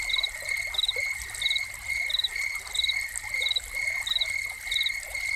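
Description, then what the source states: Cricket chirps come in quick pulsed bursts at an even pace above a constant shrill tone, while fountain water pours and trickles beneath. Soundscape of crickets recorded together with a fountain.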